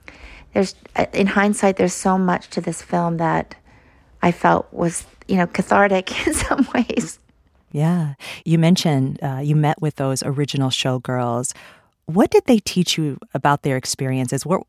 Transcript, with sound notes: in hindsight, there's so much to this film that I felt was, you know, cathartic in some ways (laughter).
Yeah. You mentioned you met with those original showgirls. What did they teach you about their experiences?